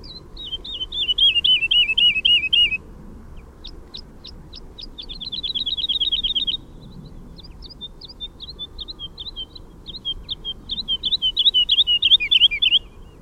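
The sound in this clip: Woodlark song: rapid trilled phrases of looping notes, each series falling slightly, with pauses and a short high run between phrases, over faint low background hum.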